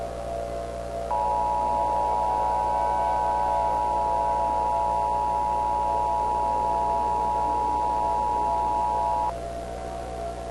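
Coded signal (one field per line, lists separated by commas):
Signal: Emergency Alert System (SAME) tones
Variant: 853 and 960 Hz attention tone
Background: music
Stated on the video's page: Mock EAS alert, fictional.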